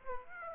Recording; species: mosquito wingbeat signal from an infrared sensor; Aedes aegypti